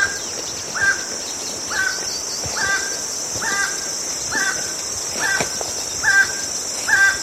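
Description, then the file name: Emerald toucanet song: a steady series of short croaking notes, about one per second, over a constant high insect drone and background hiss. "Canto do tucaninho verde"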